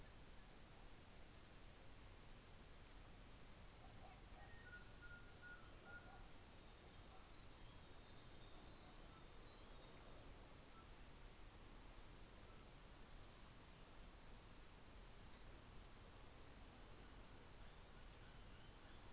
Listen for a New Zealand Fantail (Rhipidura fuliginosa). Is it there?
no